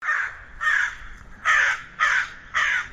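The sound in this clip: Crow giving five harsh, hoarse caws, each about a quarter second long.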